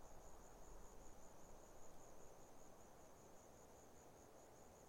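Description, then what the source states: Grasshoppers giving a faint, steady high pulsed buzz, with quiet wind rustling in the background. Grasshoppers stridulating on a lukewarm autumn afternoon, 6 May 2015, arid Barrier Ranges near Broken Hill, Australian outback; wind through desert she-oaks.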